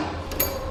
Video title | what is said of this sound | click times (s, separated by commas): Curt Overbed Folding Ball Gooseneck Trailer Hitch Installation - 2015 Chevrolet Silverado 2500 | and it's locked into place. | 0.4 s